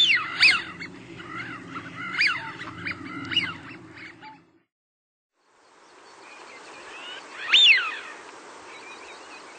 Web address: cotor. Eurasian Wigeon